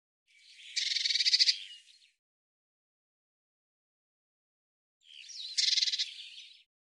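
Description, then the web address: Bird making two harsh pulsed churring bursts separated by roughly three seconds of quiet. "cianscape birddata Deverinetal 2025 File cleaned normalized Bird Cy Ca"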